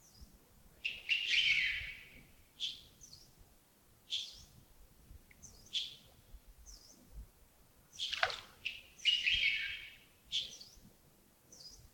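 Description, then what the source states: Birds calling with loud high chirps and a few longer, broader notes, one call sweeping sharply downward. Early morning, Yagongding, 28 December 2025, around 07:40.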